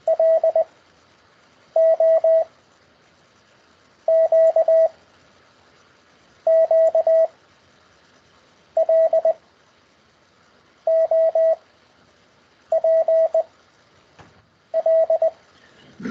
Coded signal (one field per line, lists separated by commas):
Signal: Morse code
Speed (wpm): 20 wpm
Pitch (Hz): 650 Hz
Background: none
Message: L O Q Q L O P L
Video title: CW Morse Code over Skype Lesson Six (Session One)